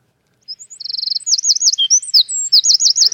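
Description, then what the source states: Eurasian wren singing, a loud, rapid, high-pitched burst of trills and sharp twittering notes. Played recording, identified by the guest within seconds.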